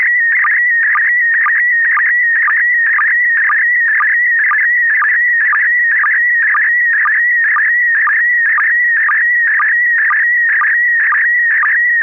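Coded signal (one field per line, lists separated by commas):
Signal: SSTV (slow-scan television)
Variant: PD120 mode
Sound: warbling whistle near 2 kHz with rhythmic low ticks twice a second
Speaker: I'm ready. This is KP4MD, and this is also going to be PD120.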